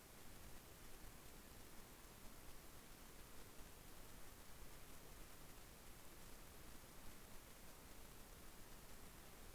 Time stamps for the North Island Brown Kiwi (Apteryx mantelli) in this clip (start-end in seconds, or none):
none